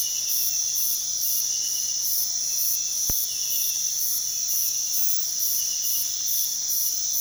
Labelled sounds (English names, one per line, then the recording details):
none
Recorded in pastures near Puerto Asís, Putumayo, Colombia, on 19 February 2024 at 05:00
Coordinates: 0.468, -76.328
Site G6414